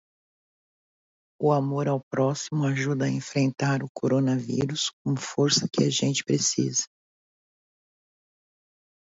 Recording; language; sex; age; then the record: spoken sentence; Brazilian Portuguese; female; 60 to 69 years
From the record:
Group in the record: control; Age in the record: 62 years